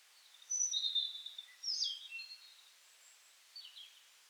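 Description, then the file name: European robin delivering a brief high, thin whistled phrase with a squeaky flourish, followed by a softer, fading note. "Erithacus rubecula"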